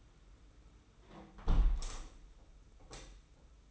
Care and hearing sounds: daily activity, microphone in the room; close window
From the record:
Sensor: 1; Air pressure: 991.3 hPa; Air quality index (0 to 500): 115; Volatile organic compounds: 154 ppm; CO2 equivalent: 4040 ppm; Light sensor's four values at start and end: 38/119/47/49 and 38/117/46/48

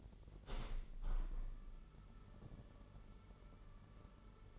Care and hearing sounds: daily activity, microphone in the room; open window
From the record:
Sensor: 4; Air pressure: 999.4 hPa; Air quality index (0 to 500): 111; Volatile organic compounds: 2 ppm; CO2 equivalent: 1102 ppm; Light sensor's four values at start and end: 13/32/13/15 and 14/32/13/15

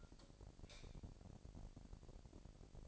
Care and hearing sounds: daily activity, microphone in the room; light off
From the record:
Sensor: 5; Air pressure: 1012.0 hPa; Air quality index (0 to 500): 247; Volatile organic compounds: 5 ppm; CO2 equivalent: 1706 ppm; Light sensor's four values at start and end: 39/94/39/41 and 38/89/36/38

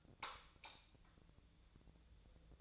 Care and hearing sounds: daily activity, microphone in the room; light off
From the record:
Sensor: 3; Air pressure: 1000.1 hPa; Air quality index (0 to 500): 124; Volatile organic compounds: 2 ppm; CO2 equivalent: 1107 ppm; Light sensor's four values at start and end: 39/99/42/46 and 36/92/39/43

